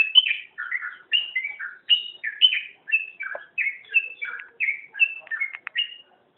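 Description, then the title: Magpie-robin song of bright, slurred whistles and rich chirps delivered in quick succession, ending with a couple of sharp clicks before a brief pause. "Kicau Kacer"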